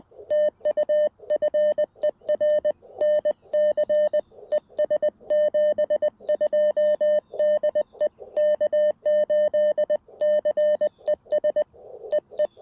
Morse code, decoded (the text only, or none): TU FER NC ES 72 DE K8CES EE